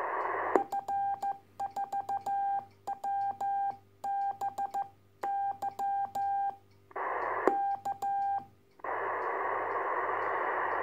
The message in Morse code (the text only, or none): F4WBY K